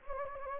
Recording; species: mosquito wingbeat signal from an infrared sensor; Anopheles gambiae